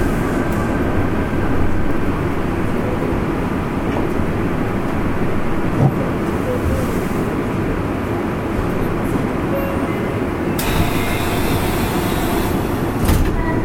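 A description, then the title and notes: A Fukuoka city subway 3000 series train runs with a steady low rumble and roar, a brighter hiss rising briefly near the tenth second. 福岡市営地下鉄 3000系 七隈線 橋本から天神南まで. 福岡市交通局 3000系電車の走行音です。 七隈線で収録しました。 Running sound of Fukuoka city subway 3000 series train.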